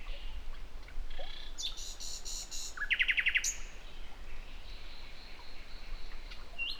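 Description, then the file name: Common nightingale song phrase: high thin notes, then a burst of rapid repeated clicky notes in a fast trill, followed by faint sustained whistles over steady background hiss. "Luscinia megarhynchos"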